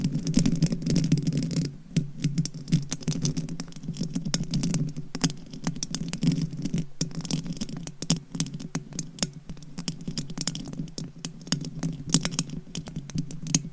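Rapid tapping and scratching with fingernails on objects, dense sharp clicks running almost continuously for the whole fourteen seconds. A steady low hum sits underneath, and the tapping briefly drops out just before the two-second mark and again near seven seconds.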